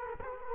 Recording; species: mosquito wingbeat signal from an infrared sensor; Culex quinquefasciatus